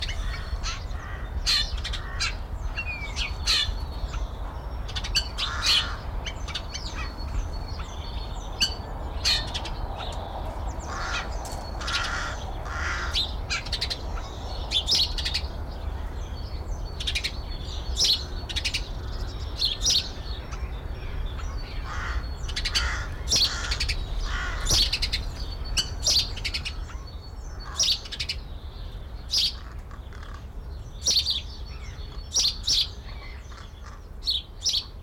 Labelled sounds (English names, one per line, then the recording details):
Yellow-billed Grosbeak
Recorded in captivity
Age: adult
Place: Tierpark Berlin, Berlin, DE
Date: 1993-03-13 11:42
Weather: 5-12°C, heiter
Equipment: Marantz CP 430, Sennheiser ME 80, Kopie Uher Variocord 263
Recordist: Tembrock, Günter